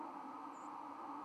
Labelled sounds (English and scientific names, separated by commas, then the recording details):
White-throated Sparrow (Zonotrichia albicollis) flight call
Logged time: 02:42 on 31 October 2014